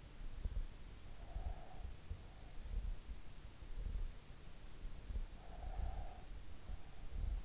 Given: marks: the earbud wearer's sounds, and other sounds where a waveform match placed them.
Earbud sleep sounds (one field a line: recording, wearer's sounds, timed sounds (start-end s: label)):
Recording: sounds in sleep by an in-ear microphone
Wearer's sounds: breath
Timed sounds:
1.00-2.53 s: breath
5.00-6.59 s: breath